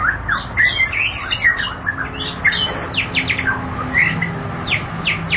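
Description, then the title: White-rumped shama song, a dense run of rapid chirps and downslurred whistles, with a brief bright whistle in the middle, over constant low hum. "Kicau Murai Batu"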